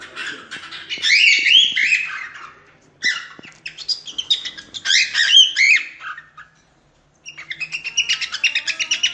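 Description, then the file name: Cockatiel song of rich warbled whistles and squawky notes, a brief silence, then a fast series of rhythmic chirps. Lutino colour variety, song. "canto da calopsita lutino"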